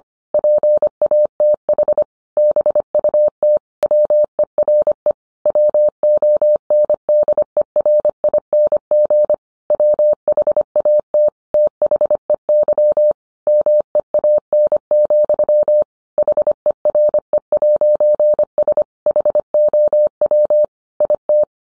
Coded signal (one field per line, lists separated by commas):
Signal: Morse code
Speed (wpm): 25 wpm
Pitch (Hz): 600 Hz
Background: none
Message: PATH BUT WERE WONDERING WHAT THEY MEAN, HERE'S HOW IT